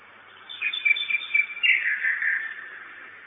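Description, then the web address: Common nightingale delivering a quick phrase of rapid chirps running into a fuller, descending whistled trill. At 23:16 on 10 May 2009, at a nest box. "nistkasten 20090510 2316 nachtigall"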